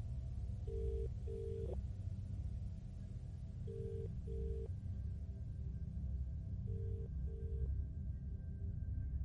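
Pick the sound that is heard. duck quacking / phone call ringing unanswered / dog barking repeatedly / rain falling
phone call ringing unanswered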